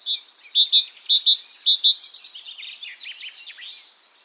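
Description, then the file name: Great tit calls: a quick series of bright, clipped chinking notes with thin high tones mixed in, then fading twitters. "Parus major"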